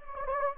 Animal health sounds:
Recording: mosquito wingbeat signal from an infrared sensor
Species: Anopheles gambiae

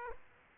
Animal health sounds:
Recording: mosquito wingbeat signal from an infrared sensor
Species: Aedes aegypti

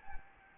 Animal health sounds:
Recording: mosquito wingbeat signal from an infrared sensor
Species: Anopheles gambiae

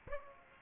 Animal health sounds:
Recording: mosquito wingbeat signal from an infrared sensor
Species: Aedes aegypti

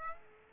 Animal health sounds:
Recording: mosquito wingbeat signal from an infrared sensor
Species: Aedes aegypti

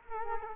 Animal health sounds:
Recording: mosquito wingbeat signal from an infrared sensor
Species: Culex quinquefasciatus

